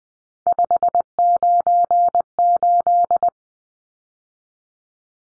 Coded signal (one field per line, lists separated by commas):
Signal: Morse code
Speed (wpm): 20 wpm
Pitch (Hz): 700 Hz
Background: none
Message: 598